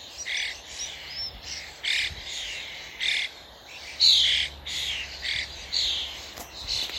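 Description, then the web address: Common starling calls: harsh, scratchy bursts and short squawks at an irregular pace, with a brief clear whistle in the middle, over low background rumble. "Deverinetal 2025. Bird Only"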